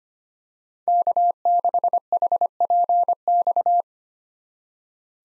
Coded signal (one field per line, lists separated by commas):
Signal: Morse code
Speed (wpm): 25 wpm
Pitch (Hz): 700 Hz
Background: none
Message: K6HPX